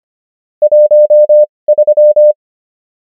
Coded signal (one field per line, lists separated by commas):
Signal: Morse code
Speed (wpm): 25 wpm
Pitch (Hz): 600 Hz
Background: none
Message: 13